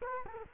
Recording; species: mosquito wingbeat signal from an infrared sensor; Culex quinquefasciatus